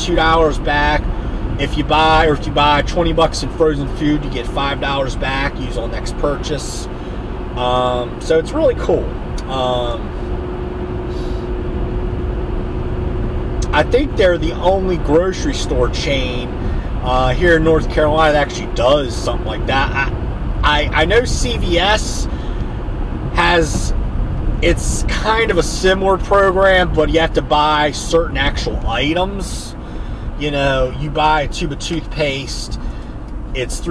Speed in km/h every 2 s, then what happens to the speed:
92, 90, 92, 90, 90, 87, 89, 89, 89, 89, 89, 84, 81, 77, 69, 60, 50.
0-20 steady at about 89. 20-34 slows to 50.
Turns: none.